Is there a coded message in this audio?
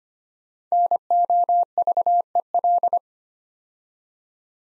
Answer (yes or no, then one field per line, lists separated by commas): yes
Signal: Morse code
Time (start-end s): 0.7-3.0 s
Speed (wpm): 25 wpm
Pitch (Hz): 700 Hz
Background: none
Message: NOVEL